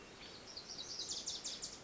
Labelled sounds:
Wilson's Warbler (Cardellina pusilla)
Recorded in Sonoma County, California

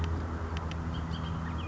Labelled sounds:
Bullock's Oriole (Icterus bullockii)
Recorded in Sonoma County, California

